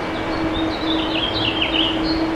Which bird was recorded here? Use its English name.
House Finch